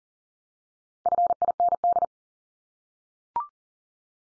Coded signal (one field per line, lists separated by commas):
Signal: Morse code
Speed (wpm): 39 wpm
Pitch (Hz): 700 Hz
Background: none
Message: FIND